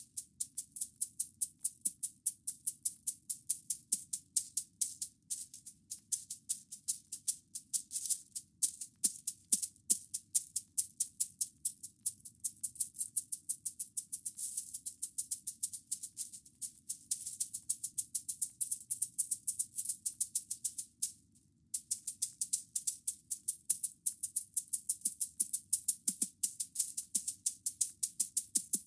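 Bamboo brooms swish and patter in a rapid, steady stream of bright, crisp strokes, many per second, for the whole stretch. The strokes briefly stop just after the twenty-second mark, then resume at the same pace over a faint low hum.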